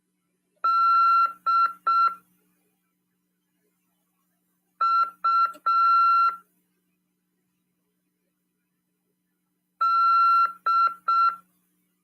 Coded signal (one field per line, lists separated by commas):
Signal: Morse code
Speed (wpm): 6 wpm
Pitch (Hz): 1360 Hz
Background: none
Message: DUD